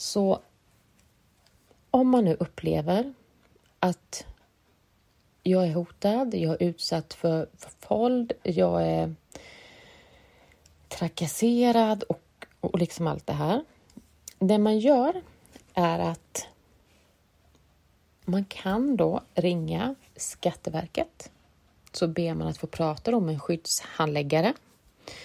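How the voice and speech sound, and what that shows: An adult woman speaking Swedish, broken by held consonants and long silent gaps mid-phrase, fitting stuttering blocks and prolongations; she stutters, and it is sometimes very audible and sometimes not at all.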